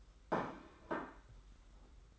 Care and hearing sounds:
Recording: daily activity, microphone in the room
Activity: place plate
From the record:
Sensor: 3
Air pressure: 991.8 hPa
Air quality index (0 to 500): 181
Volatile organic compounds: 1000 ppm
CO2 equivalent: 6048 ppm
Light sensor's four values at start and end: 26/79/33/29 and 25/77/32/28

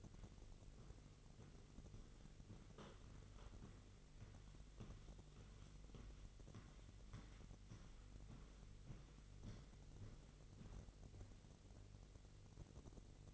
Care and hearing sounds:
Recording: daily activity, microphone in the room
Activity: walk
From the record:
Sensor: 4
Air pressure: 1002.4 hPa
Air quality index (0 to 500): 216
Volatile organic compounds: 12 ppm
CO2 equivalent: 2337 ppm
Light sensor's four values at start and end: 20/71/26/26 and 20/71/26/26

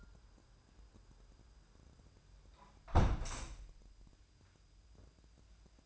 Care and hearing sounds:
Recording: daily activity, microphone in the room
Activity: close window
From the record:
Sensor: 2

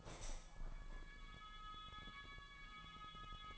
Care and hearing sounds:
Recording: daily activity, microphone in the room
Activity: open window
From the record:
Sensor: 5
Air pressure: 1000.0 hPa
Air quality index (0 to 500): 246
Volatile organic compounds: 33 ppm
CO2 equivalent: 3029 ppm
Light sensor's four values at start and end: 34/80/32/30 and 35/80/32/31

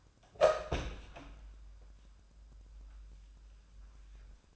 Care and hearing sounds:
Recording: daily activity, microphone in the room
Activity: open door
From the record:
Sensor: 2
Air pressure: 1004.8 hPa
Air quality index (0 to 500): 67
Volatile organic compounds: 1 ppm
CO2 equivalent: 784 ppm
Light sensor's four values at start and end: 7/18/7/7 and 7/18/7/7

